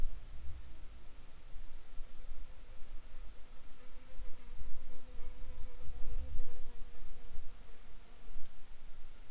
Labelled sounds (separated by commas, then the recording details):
insects
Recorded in the Arctic National Wildlife Refuge, Alaska, on 7 July 2019 at 18:56
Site 41